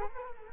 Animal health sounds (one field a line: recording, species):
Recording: mosquito wingbeat signal from an infrared sensor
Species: Culex quinquefasciatus